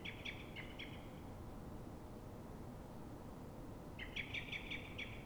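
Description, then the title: Common blackbird alarm call: an opening run of sharp chinking notes, a pause, then another rapid series of hard notes, over a steady low hum. Frightened or threatened blackbird at dawn, probably reacting to another blackbird; Pl. de Francisco Escolar, Fuenlabrada, Madrid, Spain; Zoom H1n recorder. "Pl. de Francisco Escolar, 10, 28944 Fuenlabrada, Madrid, España - Mirlo asustado"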